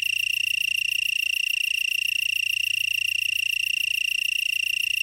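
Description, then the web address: Black-horned tree cricket song, an unbroken high trill held at one steady pitch, finely and evenly pulsed throughout with no pauses. "The Songs of Insects. Black-horned Tree Cricket"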